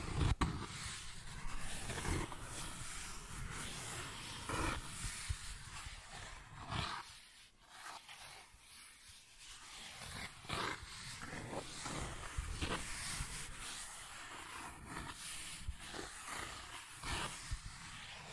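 Cardboard is scratched and scraped in a dense, rough run of strokes, with sharp tearing bursts scattered throughout. A loud snap opens the clip, and the scraping eases to a softer, thinner rasp between about seven and ten seconds before building again.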